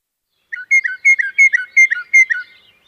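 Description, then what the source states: Northern mockingbird song: a bright two-note whistled phrase dropping in pitch, repeated several times in quick succession. Texas state bird; mockingbirds imitate just about every sound in their environment and remember sounds for years.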